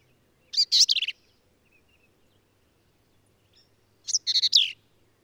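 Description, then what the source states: Black-capped vireo song, two lively bursts of quick jumbled chattering notes separated by a pause of about three seconds, clear against a quiet background. Male, one individual, singing at Kerr Wildlife Management Area, Hunt, Texas hill country; endangered species; varied phrases sung alone, truncated, embellished or run together in a lively, emphatic performance.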